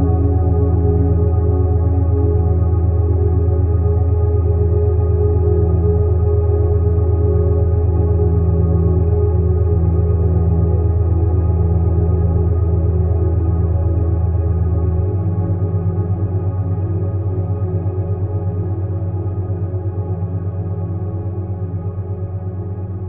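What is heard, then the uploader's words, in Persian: Binaural beats: a steady, humming drone built from low pure tones stacked with fainter, higher ones, with a slow regular pulsing throughout. Around fifteen seconds the deepest tone drops slightly lower, and the volume eases down gently toward the end. 101Hz - 109Hz. ضرباهنگهای دوگانه.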